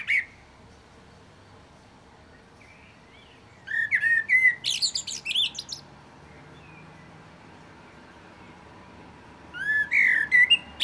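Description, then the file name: Common blackbird song with a brief note at the start, then a full phrase of low whistled warbling capped by shrill twitters, and another phrase near the end. "Turdus merula"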